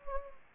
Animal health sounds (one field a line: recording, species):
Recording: mosquito wingbeat signal from an infrared sensor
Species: Anopheles gambiae